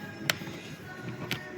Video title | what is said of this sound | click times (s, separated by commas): Снятие передних амортизаторов DS7 Crossback. Странный стук в подвеске | чтобы защёлкнуть её обратно, нужно повернуть её до щелчка. Там. Щелчок. | 0.3 s